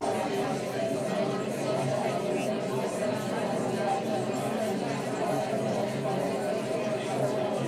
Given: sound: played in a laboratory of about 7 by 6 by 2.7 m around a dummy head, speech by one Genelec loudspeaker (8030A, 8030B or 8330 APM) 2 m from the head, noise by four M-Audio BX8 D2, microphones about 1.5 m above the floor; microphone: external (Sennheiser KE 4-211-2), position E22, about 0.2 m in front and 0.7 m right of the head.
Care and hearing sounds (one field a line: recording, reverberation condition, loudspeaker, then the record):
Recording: babble noise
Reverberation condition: low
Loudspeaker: four, about 170 cm from the corners of the room and facing them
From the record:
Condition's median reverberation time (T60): about 310 ms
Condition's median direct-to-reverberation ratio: about 3.5 dB